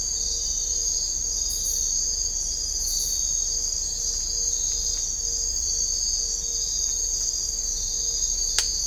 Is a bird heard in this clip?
no